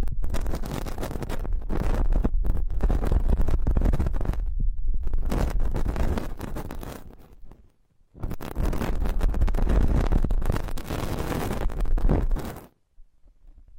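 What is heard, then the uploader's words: Fingertips rub and brush right against the ear in a dense, crackling rustle with a deep muffled thump underneath. The sound runs almost constantly, fading briefly around seven seconds and dropping out near eight. It returns strongly, then cuts off abruptly just before thirteen seconds. Ultra-fine ear touch, immersive experience.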